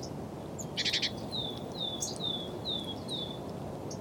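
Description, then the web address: Grey-headed woodpecker calls: a short buzzy rattle, then five clear down-slurred whistled notes in an evenly spaced series, over a broad low rumbling hiss. "linnut harmaap 2. linnut taustaa aanet"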